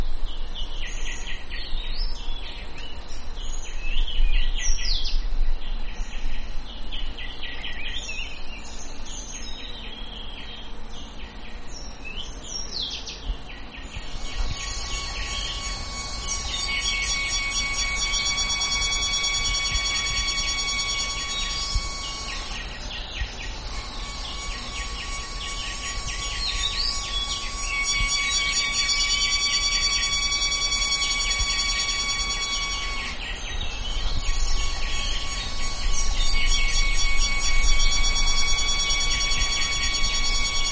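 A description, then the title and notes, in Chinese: Cicadas shrill outdoors, starting after about fourteen seconds as a steady, dense, high buzzing drone that runs to the end with brief dips near 23 and 34 seconds. Before that, scattered bright bird-like chirps dominate. A soft low rumble sits underneath throughout. 这知了叫得太迷人了。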